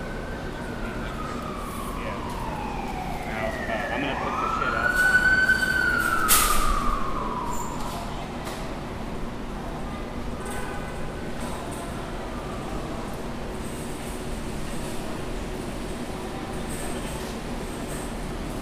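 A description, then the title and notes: A siren sweeps up and down outside a grocery store entrance, rising loudest around five to six seconds before fading off. A steady low city rumble runs throughout, with faint voices and scattered clatters, likely carts, in the background. Standing by the flowers outside the entrance to Trader Joe’s in Midtown. Grocery carts, a siren, a girl asking her dad for flowers.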